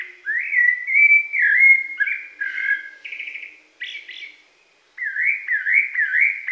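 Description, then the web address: Rufous-bellied thrush song of mellow, warbled whistles with a few buzzier notes, a short silence, then a quick string of rising whistles. Pantanal, Brazil. "sescpantanal. Sabia laranjeira"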